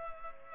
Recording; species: mosquito wingbeat signal from an infrared sensor; Culex pipiens